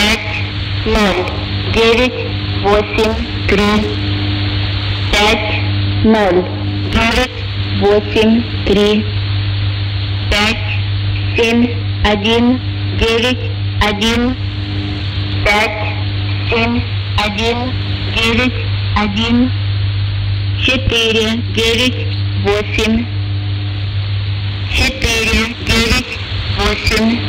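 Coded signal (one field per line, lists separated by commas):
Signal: numbers station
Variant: S06s, Russian female voice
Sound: a woman's voice reading short words at a steady pace, over a constant hum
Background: mains hum, radio static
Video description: Estación de números en la banda de #radioaficionados de 20 metros. QRG = 14280 kHz. A3E (AM). Estación denominadoa "S06s" o también "Russian lady" por el grupo Enigma 2000.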